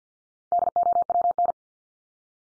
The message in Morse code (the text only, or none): DOWN